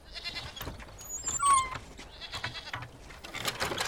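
A goat named Marina bleats in a wavering, nasal cry that rises near the middle, over a rough, rustling background with no talking, as she is lowered by rope from the roof of a house.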